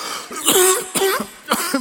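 A quick run of about four coughs in under two seconds from an adult man. Each is a sharp burst with a strained, voiced, throaty tail, partly like throat clearing, heard through a microphone in a room.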